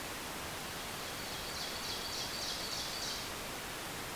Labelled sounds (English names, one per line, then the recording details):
Ovenbird song
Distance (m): 30 m
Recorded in boreal forest in Alberta, Canada, on 2 June 2016 at 07:16
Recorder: SongMeter 3, array SBT-3-7
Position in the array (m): 138 m, 135 m
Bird 8